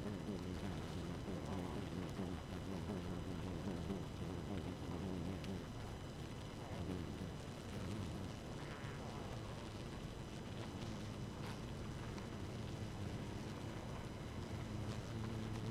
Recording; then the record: honeybee colony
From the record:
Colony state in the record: active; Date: 12 June 2018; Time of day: 1:09